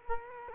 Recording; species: mosquito wingbeat signal from an infrared sensor; Culex quinquefasciatus